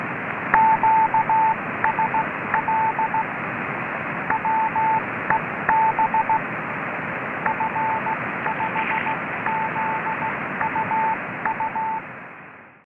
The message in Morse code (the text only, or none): QSL WEB F5ZUU